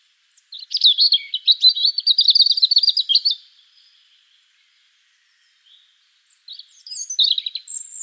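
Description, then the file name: European robin singing a long trilling, tumbling phrase, then a pause and a second phrase of high thin whistles sliding into lower warbles. "Erithacus rubecula"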